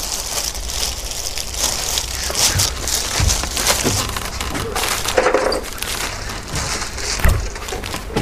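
A plastic produce bag rustles and crinkles steadily for several seconds as a large carp taken from a bucket is slipped inside, with a few dull bumps breaking through the crackly, hissing texture.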